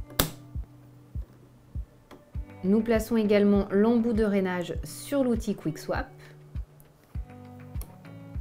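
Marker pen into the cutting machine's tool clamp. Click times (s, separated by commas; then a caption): 0.2 s. A felt-tip marker is pushed down into clamp A of a Cricut cutting machine and seats with a sharp click at 0.2 s. Music plays underneath while someone talks, with a few soft taps and clicks following.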